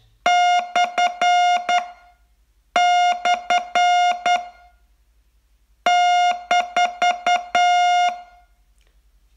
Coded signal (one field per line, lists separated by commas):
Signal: Morse code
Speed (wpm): 8 wpm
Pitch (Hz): 710 Hz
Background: music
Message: / / -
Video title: Learn Morse in 42 Days from VU2LAU - day 42